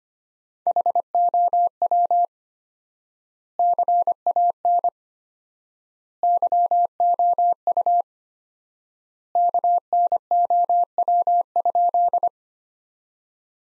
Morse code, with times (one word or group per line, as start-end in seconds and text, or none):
0.7-2.2 HOW
3.6-4.9 CAN
6.2-8.0 YOU
9.4-12.3 KNOW?